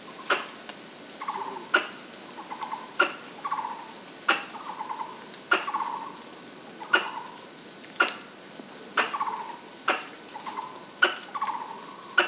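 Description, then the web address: Pallas's squirrel calling: repeated bursts of quick pulsed chatter roughly every second, mixed with sharp clicks, over a constant high-pitched whine. Recorded in Pingtung, Taiwan, on 19 March 2017. "koe kurihararisu 20170319 taiwanheitou hayashinoriko"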